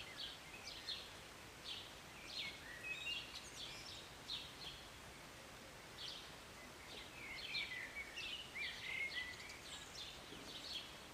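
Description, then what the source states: Birds singing, lively high twittering and chirping phrases from several birds, over a constant rain hiss. Birds singing and chirping on a rainy Sunday morning, heard from a city balcony; short rain.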